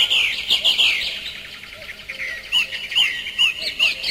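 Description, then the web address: Birdsong with a few loud sweet notes early, a quieter stretch, then four clear whistled chirps evenly spaced over soft twittering. Birdsong at the start of a Radio Zoniën jingle, 1982–83. "radio zoniën begin vogeltjes en jachthoorns. radiodoender jingles-radio-zoniën-1982-83"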